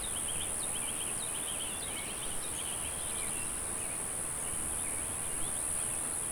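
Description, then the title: Cicada chorus keeps up a shrill, constant buzz while small birds chatter and chirp busily in the first half, thinning out later. "neoscenes: cicadas"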